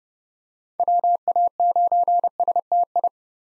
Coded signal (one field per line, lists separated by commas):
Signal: Morse code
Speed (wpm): 30 wpm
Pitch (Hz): 700 Hz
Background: none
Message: WA9STI